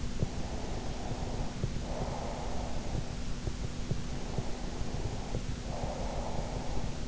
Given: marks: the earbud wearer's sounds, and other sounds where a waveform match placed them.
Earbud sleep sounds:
sounds in sleep by an in-ear microphone; breath
0.34-3.57 s: breath
4.43-7.08 s: breath

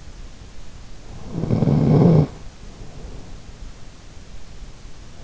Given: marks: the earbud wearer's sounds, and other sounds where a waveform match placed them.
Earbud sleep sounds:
sounds in sleep by an in-ear microphone; snoring breath
1.16-3.57 s: snoring breath

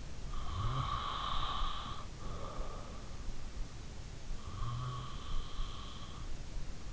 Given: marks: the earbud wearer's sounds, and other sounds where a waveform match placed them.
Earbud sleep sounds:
sounds in sleep by an in-ear microphone; breath
0.08-2.77 s: breath
4.28-6.54 s: breath

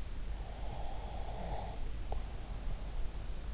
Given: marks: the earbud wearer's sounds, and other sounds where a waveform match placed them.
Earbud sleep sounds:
sounds in sleep by an in-ear microphone; breath
0.75-3.40 s: breath

